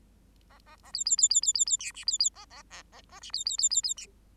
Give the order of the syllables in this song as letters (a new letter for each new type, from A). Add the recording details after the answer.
A A A B B B B B B B C D B B A A A A A D B B B B B D. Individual Bird8